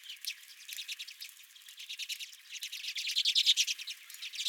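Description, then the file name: Redpoll flock twittering, soft rapid chirps building steadily to a loud, dense burst of overlapping calls near the end. Several redpolls at a feeder. "Redpolls at My Feeder"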